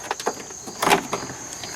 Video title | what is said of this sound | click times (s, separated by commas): How to Install a Subwoofer in Your Car | It should just come off right off. You might hear a couple clicks. That's good. | 0.1 s, 1.1 s